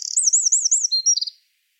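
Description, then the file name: Eurasian wren song ending: a rolling, wavy high warble followed by a few thin notes and a short trill, then silence. "Troglodytes troglodytes"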